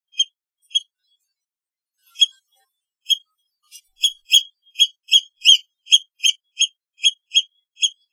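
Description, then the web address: Seabird starting with a few sparse high squeals, then breaking into a fast, even series of shrill calls roughly three per second. "soundlibrary Animals Birds Sea Bird Isolated"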